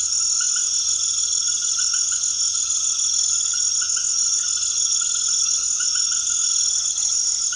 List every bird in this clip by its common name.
none